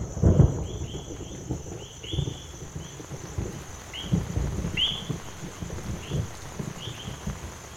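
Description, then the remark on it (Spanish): Heavy rain pours down steadily while low thunder rumbles roll through in bursts, and a bird's short high chirps repeat over the downpour. “y nos vamos despidiendo porque ya se dejó venir la lluvia y se ve que es de la que moja.”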